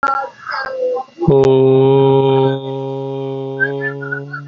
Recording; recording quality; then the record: sustained vowel as in boot; excellent, no background noise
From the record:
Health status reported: healthy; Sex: male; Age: 20 years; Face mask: not worn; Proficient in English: yes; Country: India